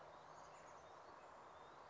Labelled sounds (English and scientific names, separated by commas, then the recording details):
Chestnut-backed Chickadee (Poecile rufescens)
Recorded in Sonoma County, California